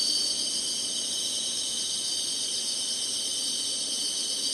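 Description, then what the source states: Insects singing in a steady, dense high-pitched chorus of continuous shimmering buzzes that never pause. Singing insects in summer.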